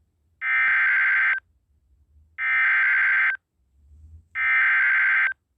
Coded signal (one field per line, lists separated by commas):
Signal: Emergency Alert System (SAME) tones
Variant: header bursts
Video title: (EAS #15) PDS TORNADO WARNING ON KALT FM